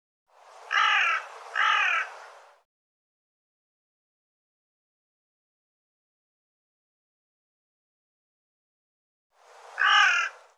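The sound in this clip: Bird uttering a raspy two-note call, then a long silence, then one more harsh single note at the end.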